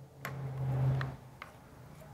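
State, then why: Seated. Plastic sockets on a new LED projector headlight assembly for a Vespa Sprint scooter are lined up with the ball studs on the headlight aim adjusters and pressed on. Sharp snaps land at 0.3 s, 1.0 s and 1.4 s over a low steady hum. The sockets seat onto the adjuster balls.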